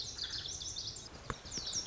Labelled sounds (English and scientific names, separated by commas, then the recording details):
Lazuli Bunting (Passerina amoena)
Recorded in Sonoma County, California